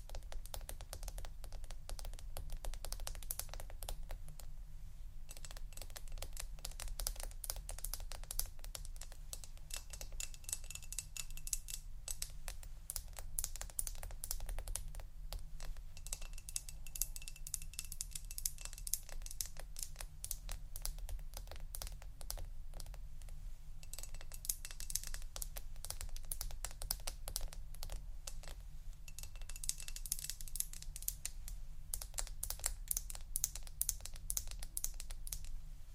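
Rapid, dense tapping runs through the whole clip, sharp bright clicks in quick bursts that sound much like typing on hard keys. The pace shifts between busier flurries and brief lighter stretches, and a steady low hum sits underneath throughout.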